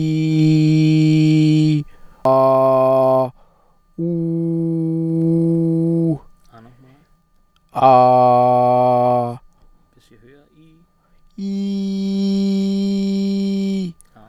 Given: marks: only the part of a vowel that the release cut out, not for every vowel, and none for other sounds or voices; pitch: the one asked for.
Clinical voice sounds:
sustained vowels; male; 30 to 39 years; 0; 0; 0
0.00-1.66 s: vowel /i/, normal pitch
4.11-6.01 s: vowel /u/, normal pitch
7.99-9.18 s: vowel /a/, normal pitch
12.20-13.73 s: vowel /i/, high pitch
From the record:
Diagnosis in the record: healthy voice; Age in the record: 35 years

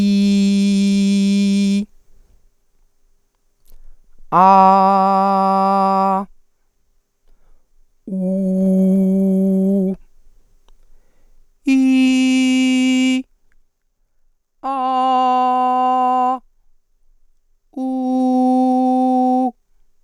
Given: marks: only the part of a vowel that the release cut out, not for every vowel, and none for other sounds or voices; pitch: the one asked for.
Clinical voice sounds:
sustained vowels; female; 30 to 39 years; 2; 0; 0
0.00-1.73 s: vowel /i/, normal pitch
4.48-6.12 s: vowel /a/, normal pitch
8.28-9.82 s: vowel /u/, normal pitch
11.79-13.10 s: vowel /i/, high pitch
14.75-16.29 s: vowel /a/, high pitch
18.04-19.41 s: vowel /u/, high pitch
From the record:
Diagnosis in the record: hyperfunctional dysphonia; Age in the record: 39 years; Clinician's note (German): Ausgebildete Gesangsstimme

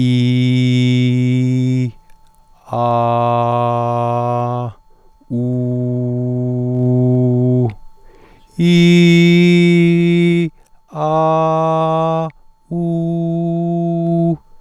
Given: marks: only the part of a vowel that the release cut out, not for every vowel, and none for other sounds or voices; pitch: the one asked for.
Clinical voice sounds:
sustained vowels; male; 40 to 49 years; 0; 0; 0
0.00-1.76 s: vowel /i/, normal pitch
2.82-4.58 s: vowel /a/, normal pitch
5.43-7.58 s: vowel /u/, normal pitch
8.69-10.37 s: vowel /i/, high pitch
11.05-12.19 s: vowel /a/, high pitch
12.79-14.26 s: vowel /u/, high pitch
From the record:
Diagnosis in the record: healthy voice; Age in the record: 49 years

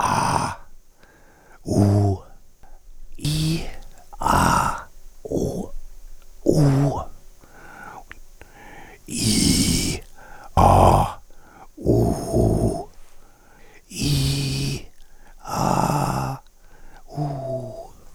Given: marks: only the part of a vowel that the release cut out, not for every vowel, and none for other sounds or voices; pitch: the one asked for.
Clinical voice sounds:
sustained vowels; male; 50 to 59 years; 3; 2; 3
0.00-0.51 s: vowel /a/, normal pitch
9.21-9.91 s: vowel /i/, low pitch
11.89-12.69 s: vowel /u/, low pitch
14.06-14.68 s: vowel /i/, low-high-low pitch
15.62-16.26 s: vowel /a/, low-high-low pitch
17.18-17.68 s: vowel /u/, low-high-low pitch
From the record:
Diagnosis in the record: recurrent laryngeal nerve paralysis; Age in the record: 58 years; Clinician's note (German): Links, schlaff, keine Kompensation

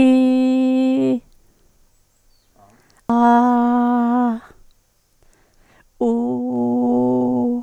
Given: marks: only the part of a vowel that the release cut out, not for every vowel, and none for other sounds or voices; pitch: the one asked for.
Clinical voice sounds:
sustained vowels; female; 60 to 69 years; 0; 0; 0
0.00-0.98 s: vowel /i/, normal pitch
3.12-3.66 s: vowel /a/, normal pitch
6.09-7.41 s: vowel /u/, normal pitch
From the record:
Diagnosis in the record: recurrent laryngeal nerve paralysis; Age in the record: 66 years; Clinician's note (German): Kompensiert, li

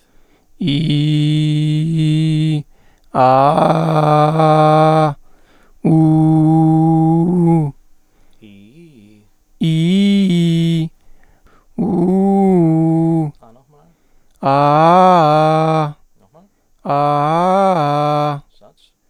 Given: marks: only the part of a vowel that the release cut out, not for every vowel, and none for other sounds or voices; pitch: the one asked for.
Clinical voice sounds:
sustained vowels; male; 30 to 39 years; 0; 0; 0
0.70-2.50 s: vowel /i/, low pitch
3.24-4.97 s: vowel /a/, low pitch
5.98-7.48 s: vowel /u/, low pitch
9.67-10.73 s: vowel /i/, low-high-low pitch
11.86-13.20 s: vowel /u/, low-high-low pitch
16.96-18.30 s: vowel /a/, low-high-low pitch
From the record:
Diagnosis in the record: mutational falsetto, contact pachydermia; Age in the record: 36 years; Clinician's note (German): Mutationsfistelstimme?, Kontaktpachydermie ohne "Kontaktpachydermie"

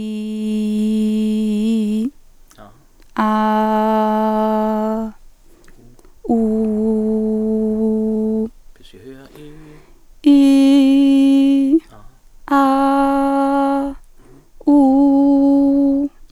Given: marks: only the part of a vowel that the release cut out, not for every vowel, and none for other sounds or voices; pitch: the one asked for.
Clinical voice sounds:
sustained vowels; female; 20 to 29 years; 0; 0; 0
0.00-1.98 s: vowel /i/, normal pitch
3.25-4.92 s: vowel /a/, normal pitch
6.65-8.38 s: vowel /u/, normal pitch
10.31-11.65 s: vowel /i/, high pitch
12.56-13.80 s: vowel /a/, high pitch
14.87-15.97 s: vowel /u/, high pitch
From the record:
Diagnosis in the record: healthy voice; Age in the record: 21 years

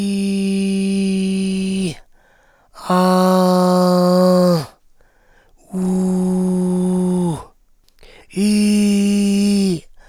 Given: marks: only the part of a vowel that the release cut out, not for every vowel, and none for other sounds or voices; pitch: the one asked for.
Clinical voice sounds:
sustained vowels; male; 40 to 49 years; 3; 3; 3
0.00-0.99 s: vowel /i/, normal pitch
3.25-4.20 s: vowel /a/, normal pitch
5.99-7.19 s: vowel /u/, normal pitch
8.66-9.60 s: vowel /i/, high pitch
From the record:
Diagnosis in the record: frontolateral partial laryngectomy, cordectomy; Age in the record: 48 years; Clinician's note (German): Zustand nach Laserchirurgie mit kompensierender Taschenfaltenstimme

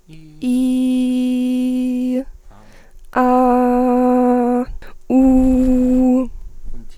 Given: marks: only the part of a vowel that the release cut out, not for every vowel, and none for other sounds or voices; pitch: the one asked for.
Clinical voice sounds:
sustained vowels; female; 20 to 29 years; 0; 0; 0
0.52-2.10 s: vowel /i/, high pitch
3.24-4.55 s: vowel /a/, high pitch
5.16-6.16 s: vowel /u/, high pitch
From the record:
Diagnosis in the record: healthy voice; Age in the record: 21 years

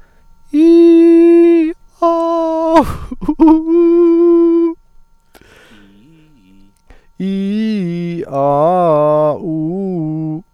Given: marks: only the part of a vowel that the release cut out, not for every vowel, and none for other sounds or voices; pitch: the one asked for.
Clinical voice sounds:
sustained vowels; male; 40 to 49 years; 0; 0; 0
0.61-1.59 s: vowel /i/, high pitch
2.21-2.75 s: vowel /a/, high pitch
3.75-4.61 s: vowel /u/, high pitch
7.26-8.12 s: vowel /i/, low-high-low pitch
8.41-9.27 s: vowel /a/, low-high-low pitch
9.51-10.31 s: vowel /u/, low-high-low pitch
From the record:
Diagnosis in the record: healthy voice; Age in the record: 49 years

